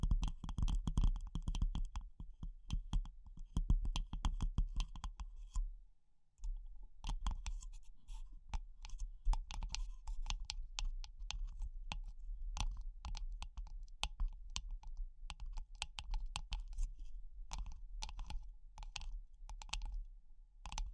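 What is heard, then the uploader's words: Fast tapping in quick, dense bursts fills the first five seconds, then stops for a brief silence around six seconds. The tapping resumes slower and more scattered, sharp clicks with uneven gaps continuing to the end over a steady low hum. ASMR Pure Tapping Fast and Slow (No Talking).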